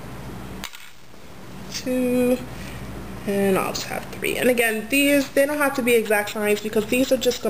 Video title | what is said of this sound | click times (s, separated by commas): DIY Wedding Candle Favor: Part 2 | just to pop it in | 0.6 s